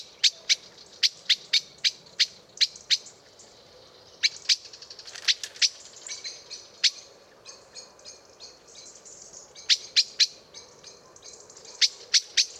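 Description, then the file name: Common blackbird calling insistently with bursts of sharp, metallic chinks, broken by softer chattering notes. "Turdus merula"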